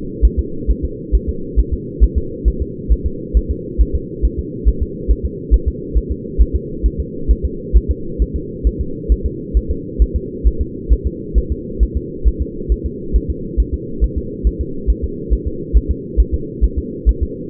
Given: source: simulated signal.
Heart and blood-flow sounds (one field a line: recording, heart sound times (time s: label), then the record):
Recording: fetal heart sounds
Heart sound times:
0.25 s: S1
0.39 s: S2
0.71 s: S1
0.85 s: S2
1.15 s: S1
1.29 s: S2
1.59 s: S1
1.74 s: S2
2.04 s: S1
2.18 s: S2
2.48 s: S1
2.62 s: S2
2.92 s: S1
3.06 s: S2
3.37 s: S1
3.51 s: S2
3.81 s: S1
3.96 s: S2
4.25 s: S1
4.39 s: S2
4.69 s: S1
4.83 s: S2
5.11 s: S1
5.25 s: S2
5.54 s: S1
5.68 s: S2
5.97 s: S1
6.12 s: S2
6.41 s: S1
6.56 s: S2
6.86 s: S1
7.00 s: S2
7.31 s: S1
7.45 s: S2
7.77 s: S1
7.91 s: S2
8.22 s: S1
8.36 s: S2
8.67 s: S1
8.81 s: S2
9.12 s: S1
9.26 s: S2
9.57 s: S1
9.71 s: S2
10.02 s: S1
10.16 s: S2
10.47 s: S1
10.61 s: S2
10.93 s: S1
11.07 s: S2
11.38 s: S1
11.52 s: S2
11.83 s: S1
11.97 s: S2
12.28 s: S1
12.42 s: S2
12.72 s: S1
12.86 s: S2
13.16 s: S1
13.30 s: S2
13.60 s: S1
13.74 s: S2
14.04 s: S1
14.18 s: S2
14.47 s: S1
14.61 s: S2
14.90 s: S1
15.04 s: S2
15.33 s: S1
15.47 s: S2
15.77 s: S1
15.91 s: S2
16.20 s: S1
16.34 s: S2
16.64 s: S1
16.78 s: S2
17.09 s: S1
17.23 s: S2
From the record:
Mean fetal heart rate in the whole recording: 135 bpm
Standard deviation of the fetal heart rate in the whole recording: 3 bpm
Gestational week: 34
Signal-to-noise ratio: -4.3 dB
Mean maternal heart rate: 72 bpm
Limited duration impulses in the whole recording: absent